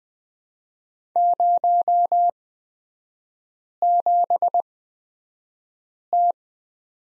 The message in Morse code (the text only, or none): 07T